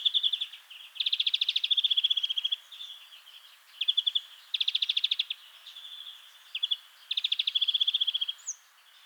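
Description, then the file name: European greenfinch with loud rattling trills lasting about a second, alternating with drawn-out buzzy notes, in several repeated sequences. "Chloris chloris"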